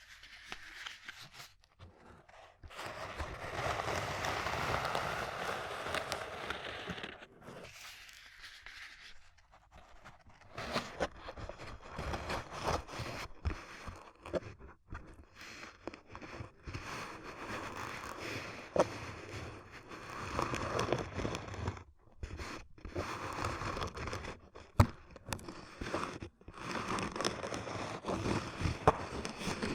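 Ear cupping sounds: hands rub and press over the microphone, making soft rustling and muffled scraping that comes and goes in bursts. A long, fuller stretch runs from about three to seven seconds, then shorter broken pats and rubs follow, with brief silent gaps between them.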